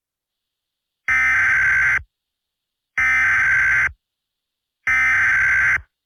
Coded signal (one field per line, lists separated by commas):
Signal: Emergency Alert System (SAME) tones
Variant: header bursts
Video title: Eas Alert Fart Tornado